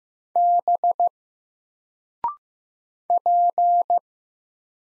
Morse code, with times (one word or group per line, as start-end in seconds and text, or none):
0.4-1.1 B
3.1-4.0 P